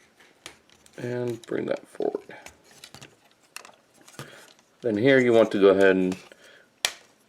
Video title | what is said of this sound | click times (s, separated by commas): 3rd Party Review: Mastermind Creations MMC R-13 Spartan (AKA IDW Impactor) | just clicks into place and this clicks into place | 6.8 s